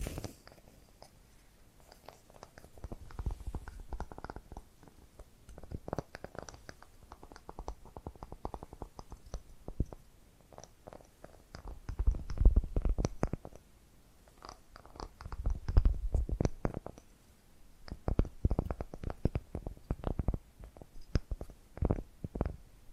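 Tapping and scratching sounds come in quick, irregular bursts of sharp clicks, with soft low thumps underneath. Activity rises in clusters around 3, 12, 16 and 19 seconds, separated by quieter stretches, and the texture stays dry and crisp throughout.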